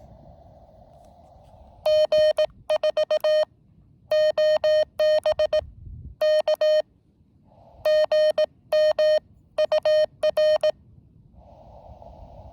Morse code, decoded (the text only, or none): G4OBK GM UR